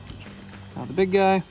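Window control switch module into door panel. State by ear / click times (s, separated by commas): not seated / none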